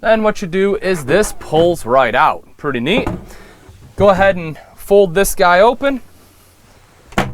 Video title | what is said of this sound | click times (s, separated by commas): 2017 Roadtrek 190 - Class B - Gas Motorhome - RV Review | kind of clicks into place like so the table right here goes up against the bottom of this handle | 7.2 s